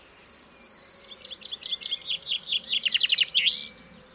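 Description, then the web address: Common chaffinch song: a rattling series of bright notes building in loudness, closing with a quick flourish, over a low steady background hiss. "Deverinetal 2025 File origin Bird Only Fr Co"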